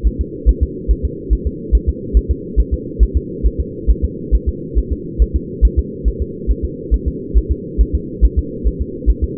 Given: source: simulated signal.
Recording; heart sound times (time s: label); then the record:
fetal heart sounds
0.07 s: S1
0.21 s: S2
0.49 s: S1
0.63 s: S2
0.91 s: S1
1.05 s: S2
1.33 s: S1
1.47 s: S2
1.75 s: S1
1.89 s: S2
2.17 s: S1
2.31 s: S2
2.60 s: S1
2.74 s: S2
3.03 s: S1
3.17 s: S2
3.46 s: S1
3.60 s: S2
3.91 s: S1
4.05 s: S2
4.35 s: S1
4.49 s: S2
4.78 s: S1
4.92 s: S2
5.22 s: S1
5.36 s: S2
5.65 s: S1
5.79 s: S2
6.08 s: S1
6.22 s: S2
6.51 s: S1
6.65 s: S2
6.94 s: S1
7.08 s: S2
7.38 s: S1
7.52 s: S2
7.81 s: S1
7.95 s: S2
8.25 s: S1
8.39 s: S2
8.67 s: S1
8.81 s: S2
9.10 s: S1
9.24 s: S2
From the record:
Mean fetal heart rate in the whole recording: 140 bpm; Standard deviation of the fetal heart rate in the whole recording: 2 bpm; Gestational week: 34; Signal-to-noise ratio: -4.1 dB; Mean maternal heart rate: no maternal heart sound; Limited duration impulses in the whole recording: absent